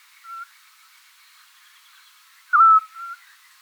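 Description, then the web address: Eurasian scops owl giving one loud, brief whistled note near the end, preceded and followed by softer whistles. "otus scops call"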